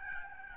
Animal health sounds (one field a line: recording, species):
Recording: mosquito wingbeat signal from an infrared sensor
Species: Aedes albopictus